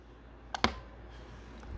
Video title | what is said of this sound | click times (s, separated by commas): Watch Tools | you don't have to crank down on it, just apply pressure slowly until you hear it clip in. | 0.6 s